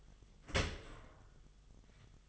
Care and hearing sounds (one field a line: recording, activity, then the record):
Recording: daily activity, microphone in the room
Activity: open dishwasher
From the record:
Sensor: 4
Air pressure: 1005.5 hPa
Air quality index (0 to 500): 112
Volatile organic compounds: 3 ppm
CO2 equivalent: 1402 ppm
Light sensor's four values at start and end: 11/25/10/10 and 11/25/10/10